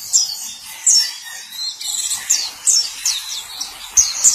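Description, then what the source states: White-eye song, rapid high chirps and thin downslurred whistles in quick succession. Sweet long song.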